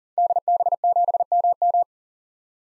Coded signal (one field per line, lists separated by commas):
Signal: Morse code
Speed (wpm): 40 wpm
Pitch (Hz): 700 Hz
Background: none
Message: DB7MM